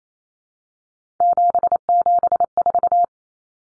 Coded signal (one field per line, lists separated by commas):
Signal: Morse code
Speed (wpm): 28 wpm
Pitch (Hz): 700 Hz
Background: none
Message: 774